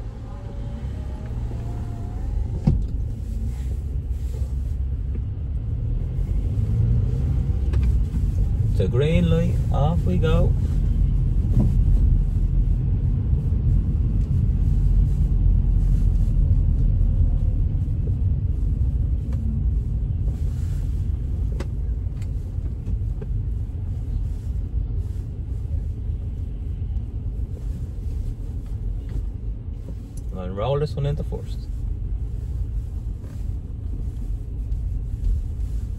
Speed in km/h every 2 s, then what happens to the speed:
0, 4, 8, 15, 22, 23, 22, 23, 20, 15, 12, 9, 7, 7, 4, 5, 6, 7.
0-9 pulls away to 23. 13-24 slows to 7. 24-36 steady at about 6.